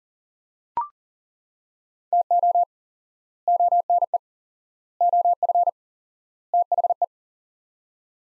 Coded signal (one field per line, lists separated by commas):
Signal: Morse code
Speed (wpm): 40 wpm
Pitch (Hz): 700 Hz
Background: none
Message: TO ONE OF THE